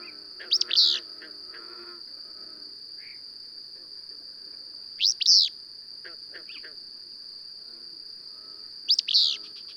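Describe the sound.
Bird song, three loud rapid sweeping phrases several seconds apart, with softer chirps between, over a continuous high whine.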